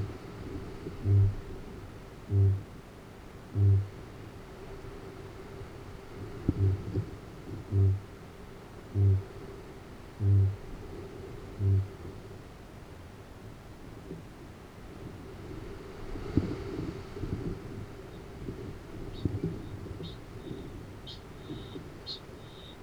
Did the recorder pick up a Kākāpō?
yes